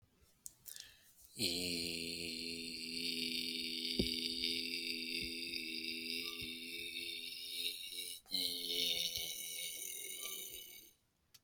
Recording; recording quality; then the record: sustained vowel as in beet; excellent, no background noise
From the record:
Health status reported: healthy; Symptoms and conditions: none ticked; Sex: male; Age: 47 years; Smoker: not ticked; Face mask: not worn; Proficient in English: yes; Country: India